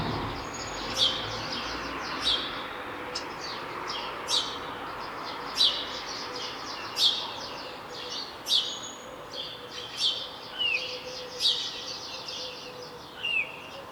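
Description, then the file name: House sparrow calling with a series of sharp chirps, about one every one to two seconds. "Passer domesticus"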